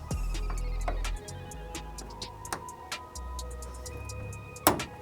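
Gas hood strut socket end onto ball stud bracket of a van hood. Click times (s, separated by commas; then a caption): 4.7 s. The metal socket end of a VanUp gas hood strut is pressed onto the ball stud bracket at the hood of a Sprinter van, with music playing in the background. A sharp, loud snap sounds at 4.7 s, and the strut end is seated on the ball stud.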